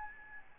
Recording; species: mosquito wingbeat signal from an infrared sensor; Aedes albopictus